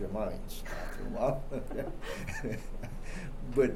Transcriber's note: laughter